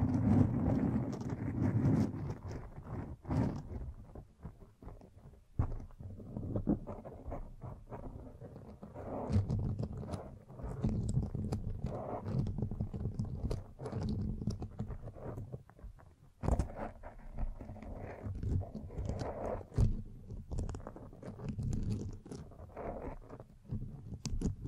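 Microphone brushing and scratching, a dense rustling, crunchy texture with low rumbling thumps and sharp clicks scattered throughout, louder near 0–3 and 17 seconds.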